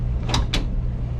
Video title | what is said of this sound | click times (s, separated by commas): The Nicest Luxury RV on the Market under 36' | that latches it secures it so you ain't gonna have your pantry just flying open as you're taking | 0.5 s